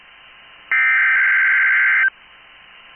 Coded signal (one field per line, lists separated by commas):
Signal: Emergency Alert System (SAME) tones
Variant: header bursts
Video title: 12/7/22 BOX RWT ON KEC73 EAS#288